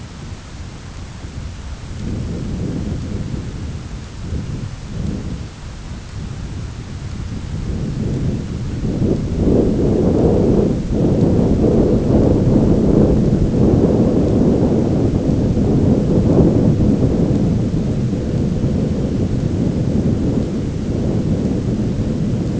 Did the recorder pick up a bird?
no